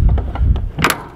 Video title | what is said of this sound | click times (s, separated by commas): Holiday preparation & getting the caravan from storage with Fiona's impartial view at the end S1E2 | And there we go, it's clicked on. | 0.8 s, 0.9 s